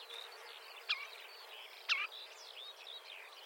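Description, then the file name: Marsh warbler song, a soft run of varied twittering phrases interrupted by two louder, sharp notes about a second apart. "suara kicauan burung marsh warbler. omkicau"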